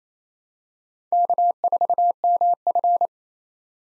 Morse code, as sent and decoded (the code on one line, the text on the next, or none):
-.- ....- -- ..-.
K4MF